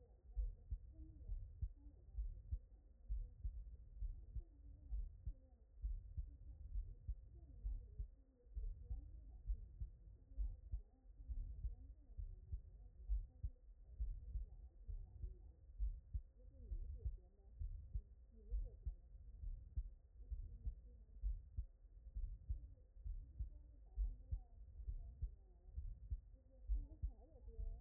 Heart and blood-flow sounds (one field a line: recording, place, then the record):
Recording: heart sounds by stethoscope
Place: tricuspid valve (TV)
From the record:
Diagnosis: non-HFrEF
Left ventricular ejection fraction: 65%